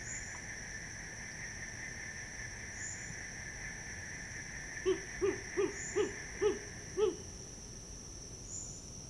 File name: Omani Owl Three Series Of Distance Calls A Reaction To Playback